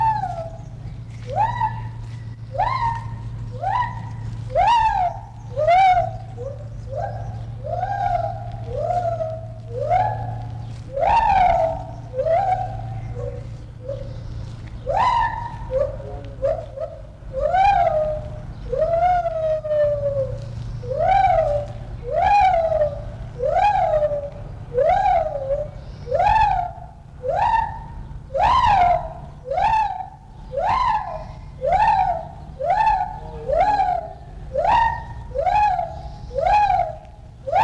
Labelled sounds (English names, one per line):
Lar Gibbon